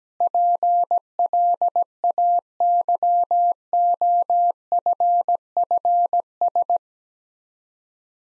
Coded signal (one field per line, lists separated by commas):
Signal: Morse code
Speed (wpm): 17 wpm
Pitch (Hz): 700 Hz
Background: none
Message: PLAYOFFS